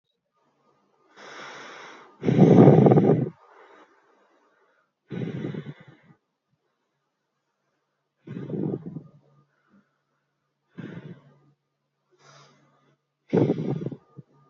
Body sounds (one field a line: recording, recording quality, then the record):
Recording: deep breathing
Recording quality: excellent, no background noise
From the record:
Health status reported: respiratory illness, not identified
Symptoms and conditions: none ticked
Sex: female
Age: 22 years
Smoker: not ticked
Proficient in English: yes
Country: India